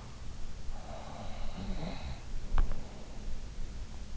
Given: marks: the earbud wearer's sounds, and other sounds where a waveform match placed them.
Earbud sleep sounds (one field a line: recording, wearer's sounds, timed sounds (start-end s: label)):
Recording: sounds in sleep by an in-ear microphone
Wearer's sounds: breath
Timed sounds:
0.47-3.51 s: breath